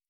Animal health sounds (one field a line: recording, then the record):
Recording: hydrophone in a shrimp aquaculture tank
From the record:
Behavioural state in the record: normal